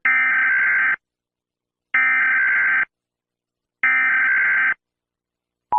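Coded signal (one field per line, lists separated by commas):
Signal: Emergency Alert System (SAME) tones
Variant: header bursts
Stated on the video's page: Fictional EAS alarm scenario.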